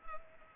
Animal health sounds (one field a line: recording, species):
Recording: mosquito wingbeat signal from an infrared sensor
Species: Culex pipiens